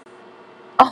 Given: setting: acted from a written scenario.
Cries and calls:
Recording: vocal sound without words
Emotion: triumph

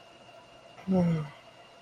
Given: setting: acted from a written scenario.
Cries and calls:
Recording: vocal sound without words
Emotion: desire

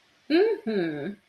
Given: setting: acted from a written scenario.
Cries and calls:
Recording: vocal sound without words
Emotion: pride

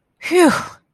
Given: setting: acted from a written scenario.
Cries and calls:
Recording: vocal sound without words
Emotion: relief

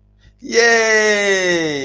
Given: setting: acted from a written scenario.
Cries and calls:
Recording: vocal sound without words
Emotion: elation

